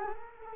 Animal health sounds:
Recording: mosquito wingbeat signal from an infrared sensor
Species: Culex quinquefasciatus

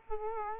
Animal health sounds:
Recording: mosquito wingbeat signal from an infrared sensor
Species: Culex quinquefasciatus

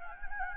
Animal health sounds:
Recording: mosquito wingbeat signal from an infrared sensor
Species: Anopheles gambiae

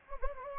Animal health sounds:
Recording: mosquito wingbeat signal from an infrared sensor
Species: Anopheles gambiae

